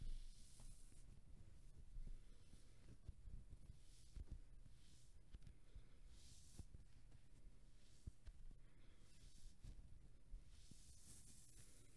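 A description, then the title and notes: Hands play with glitter floam and kinetic sand, giving a steady stream of soft crackles, squishes and small clicks over a low, muffled rumble. Brief airy hissing swells come and go every couple of seconds, with a stronger one near the end. Playing with Pink Glitter Floam and Kinetic Sand. Whispering with a gum in my mouth (no obnoxious chewing).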